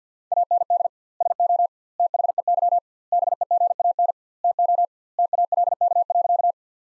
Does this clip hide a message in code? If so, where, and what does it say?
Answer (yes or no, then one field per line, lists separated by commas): yes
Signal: Morse code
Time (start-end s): 0.3-6.5 s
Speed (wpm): 50 wpm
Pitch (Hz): 700 Hz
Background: none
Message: AND SO THEY BEGAN TO TALK.